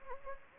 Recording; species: mosquito wingbeat signal from an infrared sensor; Anopheles gambiae